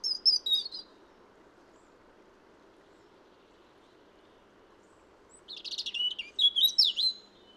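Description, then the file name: European robin singing short, high, thin warbled phrases, one near the start and a longer tumbling one after a five-second pause, over a steady low background hum. "Erithacus rubecula"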